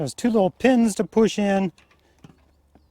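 Someone talks while handling the top of a vertical side support leg for an Intex 18 ft above-ground pool frame, lining up its two small spring pins to push into the top rail. After the talking, only a few faint, quiet taps follow. Nothing has seated or clicked into place yet.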